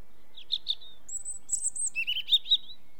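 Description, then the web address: European robin singing a varied phrase: two twittering notes, a sustained very high thin whistle, then lower rippling warbles that finish with bright slurred notes. British bird. "The BBC Sound Effects Library. Robin"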